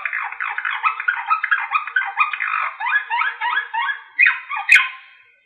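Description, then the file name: Canary song, a fast run of varied chirping and warbled notes, rolling and slurred, ending with two louder sharp accents. Canary singing in the slavujar style. "suara kenari slavujar omkicau"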